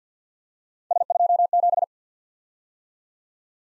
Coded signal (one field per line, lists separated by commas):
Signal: Morse code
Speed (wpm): 48 wpm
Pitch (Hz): 700 Hz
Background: none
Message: S27